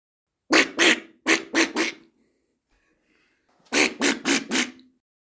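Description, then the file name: Peafowl utters a string of five brassy, nasal honks, falls quiet for over a second, then repeats with four more in fast rhythm. "Pfau"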